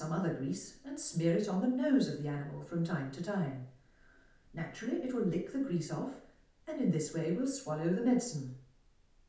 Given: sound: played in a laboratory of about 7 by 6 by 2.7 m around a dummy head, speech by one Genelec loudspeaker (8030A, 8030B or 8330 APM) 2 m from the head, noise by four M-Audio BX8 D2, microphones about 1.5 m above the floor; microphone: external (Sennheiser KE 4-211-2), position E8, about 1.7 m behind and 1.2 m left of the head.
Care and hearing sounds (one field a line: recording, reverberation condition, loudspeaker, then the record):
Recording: female speech in English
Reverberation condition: medium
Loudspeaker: in front (0 degrees)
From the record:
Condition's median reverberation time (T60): about 510 ms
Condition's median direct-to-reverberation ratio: about -0.5 dB